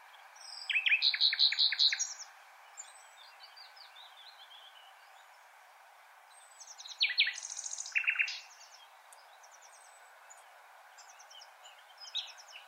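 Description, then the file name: Common nightingale song: two loud bursts of rapid, repeated sharp notes separated by quiet, with faint high notes between and after. "Luscinia megarhynchos"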